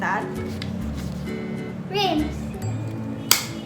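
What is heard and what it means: Someone unfolds the second side of a pair of foldable P47 wireless headphones while talking over background music. The plastic headband hinge snaps into its locked position with a sharp click at 3.3 seconds, showing the hinge is seated properly.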